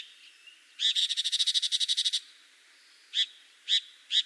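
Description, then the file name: Tiger shrike delivering a rapid rattling chatter of many scratchy notes, followed by a few single harsh calls. Fukushima, 9 June 2021. "chigomouzu fukushima abe"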